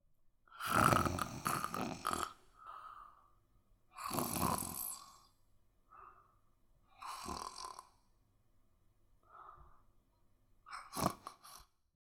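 An adult snoring: loud, rough, broadband snores recur every three to four seconds, each followed by a quieter, breathy exhalation.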